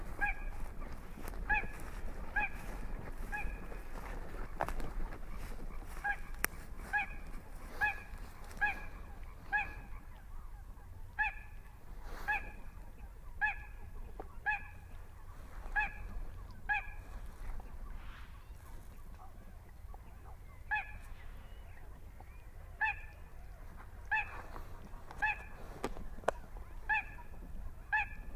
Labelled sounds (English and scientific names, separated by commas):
Little Crake (Porzana parva)